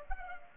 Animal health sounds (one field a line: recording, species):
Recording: mosquito wingbeat signal from an infrared sensor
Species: Culex pipiens